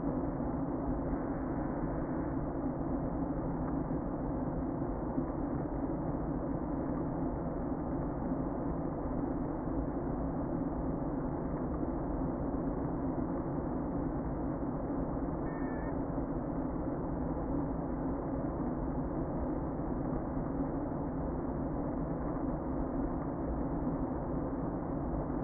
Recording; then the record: honeybee colony, microphone inside the hive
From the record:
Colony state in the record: queen present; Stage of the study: before two queens were removed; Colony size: about 60,000 bees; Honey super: yes